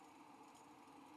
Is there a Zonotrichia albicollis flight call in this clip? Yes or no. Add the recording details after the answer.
no. No flight call is heard. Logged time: 08:50 on 5 December 2014